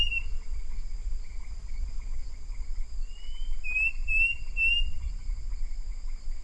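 Bird whistles a short string of high, bright notes in the middle, with low rumbling noise and a steady high tone behind.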